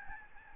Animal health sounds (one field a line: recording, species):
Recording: mosquito wingbeat signal from an infrared sensor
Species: Aedes albopictus